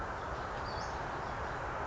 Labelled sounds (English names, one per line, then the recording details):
Western Flycatcher
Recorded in Sonoma County, California